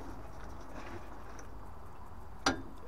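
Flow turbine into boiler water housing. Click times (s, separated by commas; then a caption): 2.5 s. A replacement flow turbine cartridge is wiggled into its plastic water housing in a Worcester Greenstar combi boiler, with faint rustling over a steady low background. At 2.5 s it seats with a single short, sharp pop, and the cartridge is pushed fully in.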